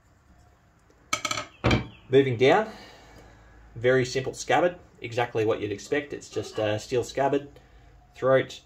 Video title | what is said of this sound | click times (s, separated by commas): Austrian M1912 bayonet, the best of the exports | pushes it to the wall and then as it passes it snaps into place moving | 1.1 s